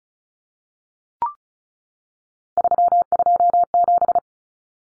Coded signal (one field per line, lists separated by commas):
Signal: Morse code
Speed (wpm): 34 wpm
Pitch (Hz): 700 Hz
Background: none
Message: 327